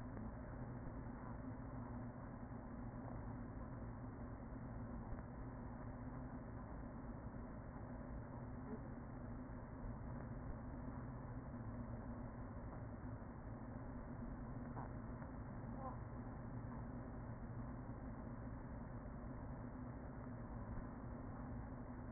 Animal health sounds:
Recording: honeybee colony, microphone inside the hive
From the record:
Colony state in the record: queen present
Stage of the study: after two queens were removed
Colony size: about 40,000 bees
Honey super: no

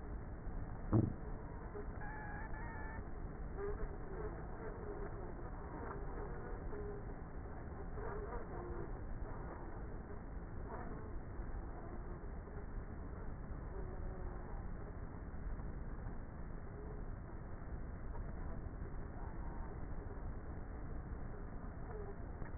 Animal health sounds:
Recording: honeybee colony, microphone inside the hive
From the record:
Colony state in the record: queenless with a low population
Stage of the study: before two queens were removed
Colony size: about 30,000 bees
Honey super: no

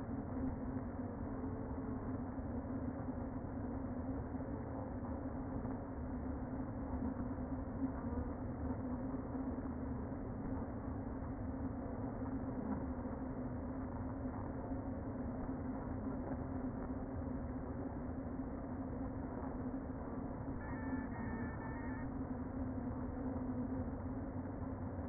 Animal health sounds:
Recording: honeybee colony, microphone inside the hive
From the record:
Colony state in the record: queen present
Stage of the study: before two queens were removed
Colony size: about 60,000 bees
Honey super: yes

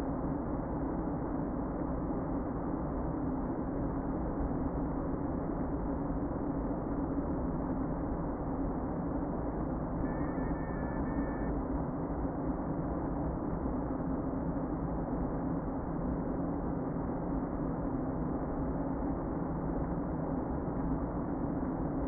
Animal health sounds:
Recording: honeybee colony, microphone inside the hive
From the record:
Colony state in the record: queen present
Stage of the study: before two queens were removed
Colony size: about 60,000 bees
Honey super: yes

